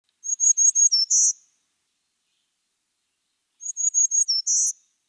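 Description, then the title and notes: Black-throated green warbler song: a thin, high series of four or five even notes ending in a buzzy slur, given twice with a pause between. The song is distinctive and persistent, sometimes transcribed as "trees trees I love trees. "Black-throated Green Warbler during fall migration was photographed at Green-wood Cemetery in Brooklyn, New York"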